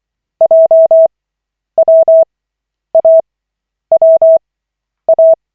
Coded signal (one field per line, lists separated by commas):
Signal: Morse code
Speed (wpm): 24 wpm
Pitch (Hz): 650 Hz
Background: none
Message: JWAWA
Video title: Koch 14/40, 27.01.2025, CW practice session